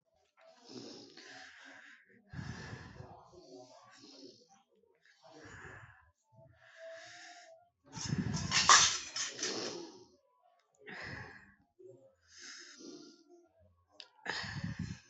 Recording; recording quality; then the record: shallow breathing; moderate, slight background noise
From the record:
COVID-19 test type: RT-PCR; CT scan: not taken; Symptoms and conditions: cough, cold, breathing difficulty, sore throat, fever, fatigue, muscle pain, loss of smell and taste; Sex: female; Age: 22 years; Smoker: no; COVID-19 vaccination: both doses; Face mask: not worn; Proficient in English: yes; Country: India